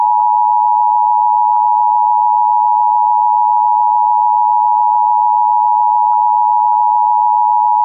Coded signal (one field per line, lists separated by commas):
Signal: Emergency Alert System (SAME) tones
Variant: 853 and 960 Hz attention tone